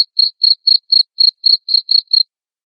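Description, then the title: Cricket chirping, a steady run of short, high, clean pulses about four per second that stops shortly before the end. Loud cricket chirping played to make lovebirds sing continuously. "Suara JANGKRIK NGERIK Keras Bikin LOVEBIRD Jadi NGEKEK Terus Vubey"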